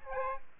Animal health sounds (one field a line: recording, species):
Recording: mosquito wingbeat signal from an infrared sensor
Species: Aedes aegypti